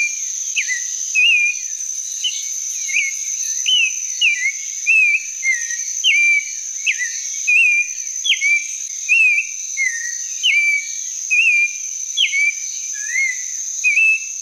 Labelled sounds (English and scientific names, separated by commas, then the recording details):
Clay-colored Thrush (Turdus grayi) song
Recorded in the wild
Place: Quepos / Manuel Antonio Nationalpark, CR
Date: 1992-04-22
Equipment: Dat-Recorder Casio DA 7, Telinga DAT, Telinga-Parabolspiegel
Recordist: Schwarz, Dieter
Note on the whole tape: Song